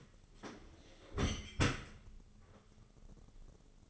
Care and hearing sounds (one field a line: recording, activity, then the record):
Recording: daily activity, microphone in the room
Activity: close dishwasher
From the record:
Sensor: 4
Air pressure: 996.6 hPa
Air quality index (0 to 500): 88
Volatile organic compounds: 5 ppm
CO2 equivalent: 1710 ppm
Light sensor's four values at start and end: 20/54/21/23 and 18/50/20/22